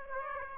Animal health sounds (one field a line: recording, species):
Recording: mosquito wingbeat signal from an infrared sensor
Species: Aedes aegypti